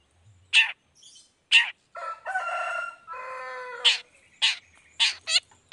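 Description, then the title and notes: Long-tailed shrike giving loud harsh rasping bursts separated by pauses, mixed with buzzy drawn-out notes in the middle. Singing actively in the morning, with a varied repertoire including 'toet toet' notes; played to provoke other long-tailed shrikes into responding. "Cendet Gacor Dor Di Kala Pagi Toet Toet Variasi Suara. Cendet Gacor Langsung Nyaut Emosi Hanya dengan Sekali Putar Bikin Cendet Lainya Cepat Respon Bunyi. Burung cendet"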